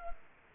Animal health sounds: mosquito wingbeat signal from an infrared sensor; Culex quinquefasciatus

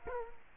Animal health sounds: mosquito wingbeat signal from an infrared sensor; Culex quinquefasciatus

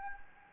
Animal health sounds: mosquito wingbeat signal from an infrared sensor; Anopheles gambiae

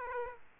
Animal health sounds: mosquito wingbeat signal from an infrared sensor; Aedes aegypti

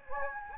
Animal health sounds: mosquito wingbeat signal from an infrared sensor; Anopheles gambiae

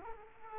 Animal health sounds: mosquito wingbeat signal from an infrared sensor; Culex quinquefasciatus

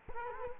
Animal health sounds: mosquito wingbeat signal from an infrared sensor; Culex quinquefasciatus

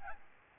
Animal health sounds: mosquito wingbeat signal from an infrared sensor; Aedes albopictus

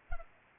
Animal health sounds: mosquito wingbeat signal from an infrared sensor; Culex pipiens

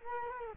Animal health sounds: mosquito wingbeat signal from an infrared sensor; Culex quinquefasciatus

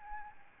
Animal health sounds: mosquito wingbeat signal from an infrared sensor; Aedes albopictus

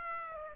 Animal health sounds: mosquito wingbeat signal from an infrared sensor; Aedes aegypti

